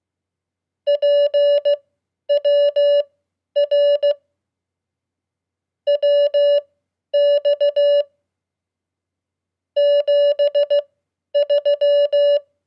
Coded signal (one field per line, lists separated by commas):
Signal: Morse code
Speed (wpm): 16 wpm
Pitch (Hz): 580 Hz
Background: none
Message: PWR WX 73